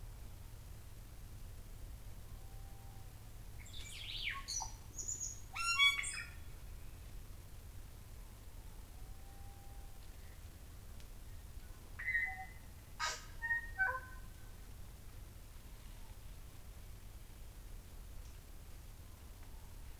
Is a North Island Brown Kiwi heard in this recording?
no